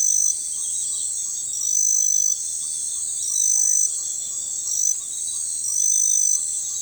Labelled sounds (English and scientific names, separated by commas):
none